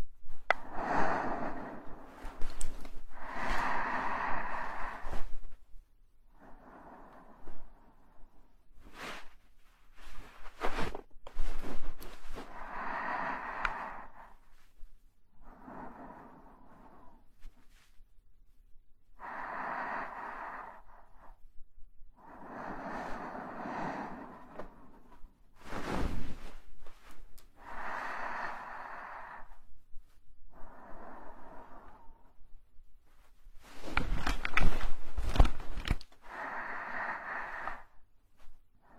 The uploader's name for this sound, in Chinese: 呼吸音